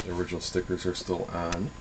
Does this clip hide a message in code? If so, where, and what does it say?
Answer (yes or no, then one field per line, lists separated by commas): no